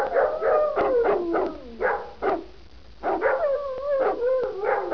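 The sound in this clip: Dog howling and barking, with a wavering, drawn-out tone broken by short sharp barks in two bursts separated by a brief pause.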